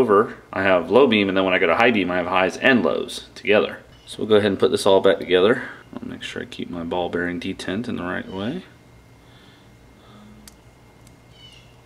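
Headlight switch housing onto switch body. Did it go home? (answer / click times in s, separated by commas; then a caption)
no / none. Someone talks while reassembling the repaired headlight switch of a TaoTao 110D quad, fitting the switch housing back onto the switch body and keeping the ball-bearing detent in place. After about 8.7 s the talking stops, leaving quiet handling with two faint ticks near 10.5 s and 11.1 s. The housing has not snapped or seated yet.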